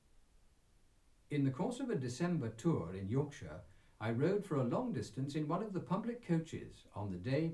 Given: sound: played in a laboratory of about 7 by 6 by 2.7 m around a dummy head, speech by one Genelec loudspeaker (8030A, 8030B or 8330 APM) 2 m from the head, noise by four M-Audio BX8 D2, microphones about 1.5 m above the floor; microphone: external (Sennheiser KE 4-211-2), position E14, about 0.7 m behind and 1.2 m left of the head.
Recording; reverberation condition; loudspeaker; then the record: male speech in English; low; 90 degrees to the right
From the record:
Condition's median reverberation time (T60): about 310 ms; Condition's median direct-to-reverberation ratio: about 3.5 dB